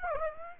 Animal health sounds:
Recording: mosquito wingbeat signal from an infrared sensor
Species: Aedes aegypti

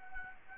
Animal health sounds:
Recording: mosquito wingbeat signal from an infrared sensor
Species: Anopheles gambiae

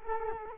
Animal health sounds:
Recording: mosquito wingbeat signal from an infrared sensor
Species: Culex quinquefasciatus

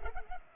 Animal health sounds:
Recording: mosquito wingbeat signal from an infrared sensor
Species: Culex pipiens

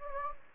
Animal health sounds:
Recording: mosquito wingbeat signal from an infrared sensor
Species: Anopheles gambiae

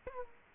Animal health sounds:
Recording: mosquito wingbeat signal from an infrared sensor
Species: Culex quinquefasciatus

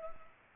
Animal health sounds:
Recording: mosquito wingbeat signal from an infrared sensor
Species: Culex pipiens

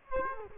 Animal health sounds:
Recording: mosquito wingbeat signal from an infrared sensor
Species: Culex quinquefasciatus

